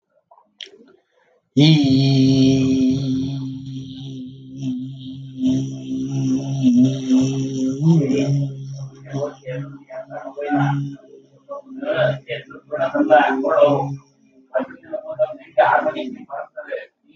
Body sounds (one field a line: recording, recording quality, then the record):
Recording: sustained vowel as in beet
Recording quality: excellent, no background noise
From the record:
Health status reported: healthy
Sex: male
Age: 41 years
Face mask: not worn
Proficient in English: yes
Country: India